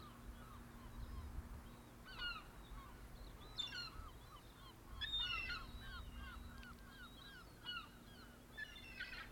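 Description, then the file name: Gull calls: scattered short squeals and harsher noisy cries, with a faint low hum and some low rumbling. "Seagulls"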